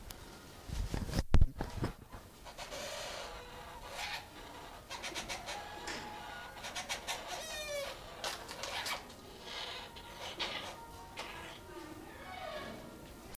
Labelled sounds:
White-crested Hornbill call
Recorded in captivity
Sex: pair
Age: adult
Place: Zoo Berlin, Berlin, DE
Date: 2002-07-25 12:35
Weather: bedeckt, z.T. Regen, 16°C
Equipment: Nagra SN, Kopie Uher 4000 Report Monitor
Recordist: Tembrock, Günter

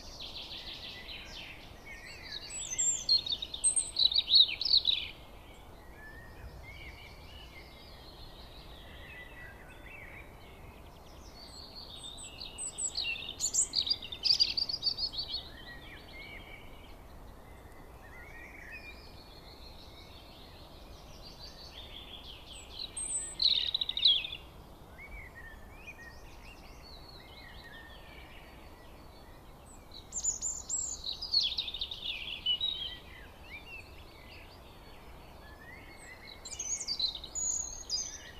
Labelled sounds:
European Robin song
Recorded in the wild
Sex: male
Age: adult
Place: Schönow, Naturpark Barnim, Brandenburg, DE
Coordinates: 52.6954, 13.505
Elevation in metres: 68
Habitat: heath
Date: 2014-04-23 16:45
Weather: cloudy, 20°C, weak wind
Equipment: Sound Devices 702, Sennheiser MKH 70, Rycote Windschutz
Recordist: Frommolt, Karl-Heinz

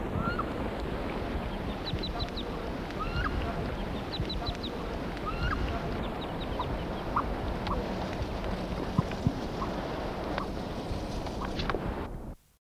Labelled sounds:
Wood Duck call
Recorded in the wild
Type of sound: call
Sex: diverse
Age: diverse
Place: Vogelpark Osterode, Niedersachsen, DE
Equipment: Halbspur, 9,5 cm/s
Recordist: Lütgens, Hans
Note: Weibchen und 2wöchige

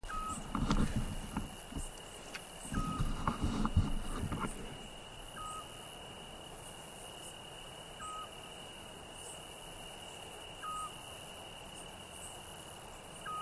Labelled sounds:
Eurasian Scops Owl
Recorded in the wild
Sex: male
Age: adult
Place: Tiuccia, Corsica, FR
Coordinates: 42.0692, 8.73167
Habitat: macchia
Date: 2011-07-15 23:50
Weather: 20°C, clear night, almost windless
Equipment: Fostex FR2-LE, Sennheiser ME66, Popschutz
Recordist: Frommolt, Karl-Heinz

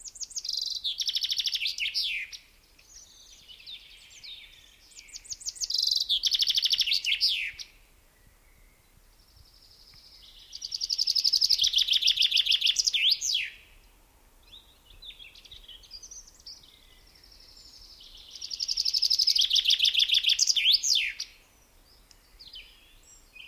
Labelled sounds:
Common Chaffinch song
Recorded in the wild
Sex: male
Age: adult
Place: Waischenfeld, Bayern, DE
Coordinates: 49.8417, 11.3228
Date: 1962-06-10
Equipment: Stellavox SM 5, Original, Vollspur
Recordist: Tretzel, Erwin

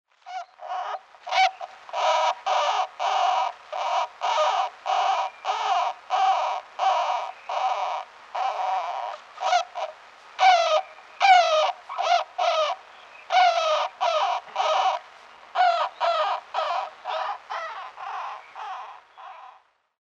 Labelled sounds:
Golden Hamster
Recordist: Tembrock, Günter
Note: Abwehrlaute halbwüchsiger Tiere

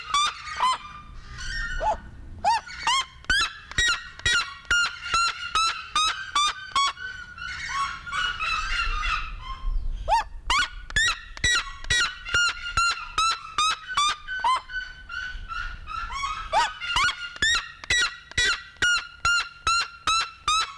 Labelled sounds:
Black-legged Seriema call
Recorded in captivity
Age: adult
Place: Zoo Berlin, Berlin, DE
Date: 1993-01-16 11:24
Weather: heiter, 10-13°C
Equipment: Marantz CP 430, Sennheiser ME 80, Kopie Uher Variocord 263
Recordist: Tembrock, Günter

